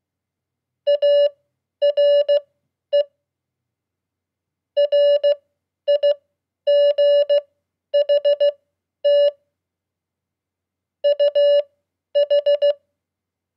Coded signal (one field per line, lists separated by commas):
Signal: Morse code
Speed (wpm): 16 wpm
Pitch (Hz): 580 Hz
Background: none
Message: ARE RIGHT UH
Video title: 100 Common QSO words @15wpm -- Beginning Morse Code